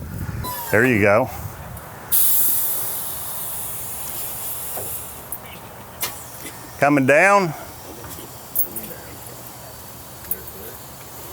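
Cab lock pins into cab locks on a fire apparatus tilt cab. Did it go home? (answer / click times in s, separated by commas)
yes / 10.3 s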